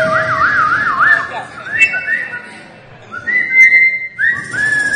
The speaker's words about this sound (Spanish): Es un solo de silbidos este tema.